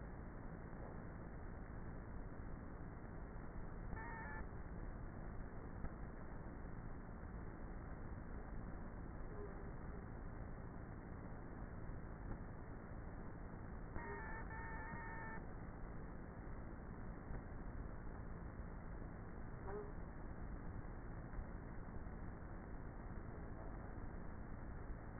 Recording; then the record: honeybee colony, microphone inside the hive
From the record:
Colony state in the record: queenless with a low population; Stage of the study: before two queens were removed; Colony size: about 30,000 bees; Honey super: no